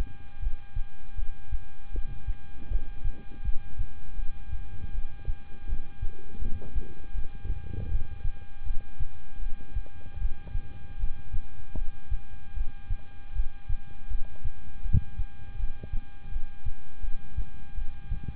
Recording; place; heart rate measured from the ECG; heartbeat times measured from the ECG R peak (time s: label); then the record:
heart sounds by stethoscope; between the tricuspid and mitral areas; 80 bpm
0.40 s: heartbeat
1.16 s: heartbeat
1.92 s: heartbeat
2.69 s: heartbeat
3.43 s: heartbeat
4.16 s: heartbeat
4.92 s: heartbeat
5.66 s: heartbeat
6.39 s: heartbeat
7.12 s: heartbeat
7.89 s: heartbeat
8.64 s: heartbeat
9.40 s: heartbeat
10.19 s: heartbeat
10.97 s: heartbeat
11.75 s: heartbeat
12.54 s: heartbeat
13.33 s: heartbeat
14.08 s: heartbeat
14.83 s: heartbeat
15.57 s: heartbeat
16.30 s: heartbeat
17.01 s: heartbeat
17.75 s: heartbeat
From the record:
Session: rest, lying down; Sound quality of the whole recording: good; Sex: male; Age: 26 years